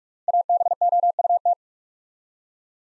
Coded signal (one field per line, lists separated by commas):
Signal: Morse code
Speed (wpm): 47 wpm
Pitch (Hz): 700 Hz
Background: none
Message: ABOUT